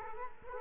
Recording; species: mosquito wingbeat signal from an infrared sensor; Culex quinquefasciatus